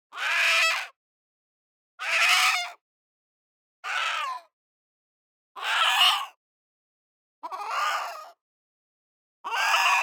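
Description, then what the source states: Chicken screaming in distress: six harsh, raspy squawks, each under a second long, repeated about every two seconds with silence between. Distressed chicken giving raspy screams.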